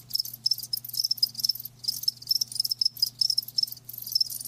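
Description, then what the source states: Crickets giving high, trilling chirps in quick overlapping bursts with brief gaps, over a soft steady hum. Live crickets chirping, a lulling song.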